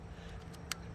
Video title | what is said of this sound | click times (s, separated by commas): 2015 toyota Avalon hybrid spark plugs replacement tune up | And you just hear the click, and that's it. | 0.7 s